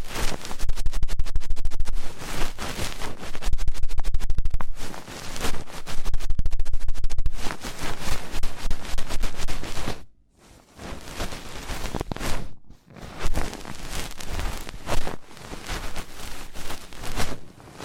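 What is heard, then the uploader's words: Close, dense scratching and scraping of ear cleaning, fast and intense, with a brief silence near ten seconds and another near twelve. ASMR Fast & Intense Ear Cleaning 3Dio (No Talking).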